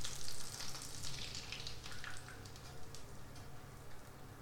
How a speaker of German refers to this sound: So, Butter geschmolzen. Und jetzt fehlt nur noch eins. Die Teigmasse schütte ich jetzt einfach in die Mitte in die Pfanne.